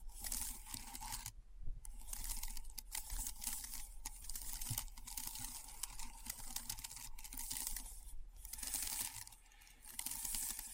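Keyboard sounds: a dense, fast run of crisp clicks and taps with little pause. A steady low hum sits underneath throughout, and the tapping briefly thins out near two seconds and again around nine to ten seconds.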